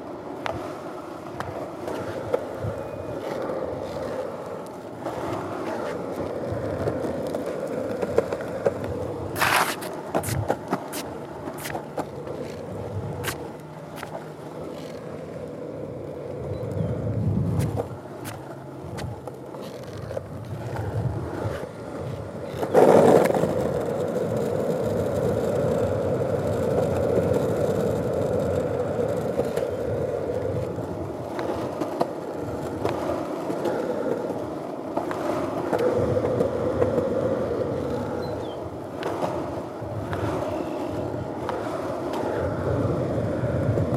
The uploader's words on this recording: Lakeshore Path. On a warm and breezy day, we cruise along a relatively smooth path near the lake's shoreline. A few twigs occasionally get in the way.